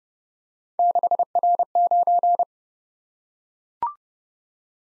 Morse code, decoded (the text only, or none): 6R9